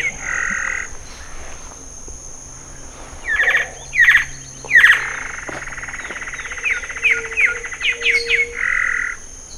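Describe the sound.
Bird calls: harsh squawks and buzzy notes in short bursts, with chirped series near the end, over a steady high whine and low hum.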